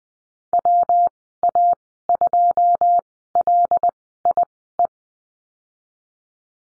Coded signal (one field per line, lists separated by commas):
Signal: Morse code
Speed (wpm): 20 wpm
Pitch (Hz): 700 Hz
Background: none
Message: WA2LIE